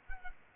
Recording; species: mosquito wingbeat signal from an infrared sensor; Culex quinquefasciatus